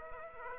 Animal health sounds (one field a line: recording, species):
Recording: mosquito wingbeat signal from an infrared sensor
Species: Aedes aegypti